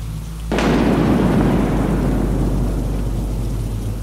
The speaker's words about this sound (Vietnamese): hình ảnh quái dị của con quỷ đột nhiên biến mất, chỉ còn lại văng vẳng trong khoảng không gian u ám tiếng rít lên giận dữ nhỏ dần theo tiếng lộp bộp của nước mưa ngoài kia đang trút xuống mỗi lúc một dữ dội.